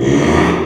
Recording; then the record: squeal of a Yucatan mini pig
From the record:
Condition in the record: after surgery on the right vocal fold (resection and tissue-engineered implant); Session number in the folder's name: 3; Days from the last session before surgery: 33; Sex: male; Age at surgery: 12 weeks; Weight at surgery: 13 kg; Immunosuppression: cyclosporine, prednisolone